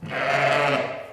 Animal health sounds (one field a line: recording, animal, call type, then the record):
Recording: contact call of a hoofed animal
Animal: sheep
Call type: low-frequency (closed-mouth) or high-frequency (open-mouth) call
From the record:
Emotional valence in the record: negative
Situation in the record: short social isolation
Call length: 1.13 s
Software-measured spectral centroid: 2000 Hz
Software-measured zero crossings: 2260 a second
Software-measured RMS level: -23 dBFS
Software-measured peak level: -8 dBFS